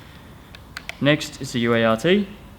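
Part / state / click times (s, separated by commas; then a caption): UART cable connector into the skateboard motor controller / not seated / none. The UART wire connector is being brought to the motor controller of an Evolve electric skateboard during a battery replacement, with faint handling ticks near 0.6 s and 0.8 s before someone talks from about 1.0 s. The clip ends before the connector goes home, so nothing has seated or clicked yet.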